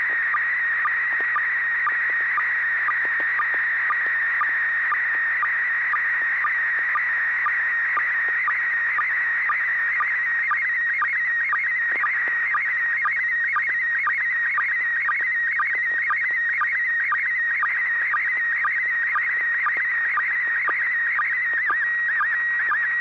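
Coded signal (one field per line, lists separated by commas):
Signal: SSTV (slow-scan television)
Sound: warbling high tone with a short lower chirp about twice per second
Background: radio hiss, low hum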